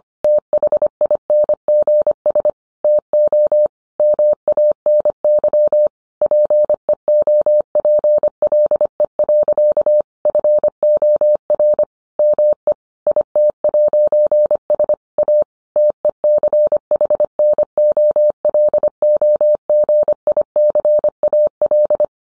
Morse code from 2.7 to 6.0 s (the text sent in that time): TO MANY